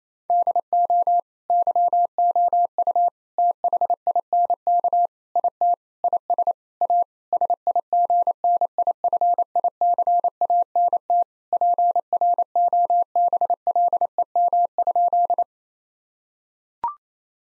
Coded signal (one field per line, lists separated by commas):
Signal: Morse code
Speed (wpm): 28 wpm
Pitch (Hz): 700 Hz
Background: none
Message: DO YOU THINK IT IS A SIGNIFICANT PROBLEM?